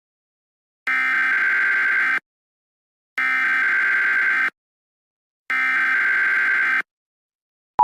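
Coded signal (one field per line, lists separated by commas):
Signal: Emergency Alert System (SAME) tones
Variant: header bursts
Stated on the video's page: Mock EAS scenario made with mobile apps.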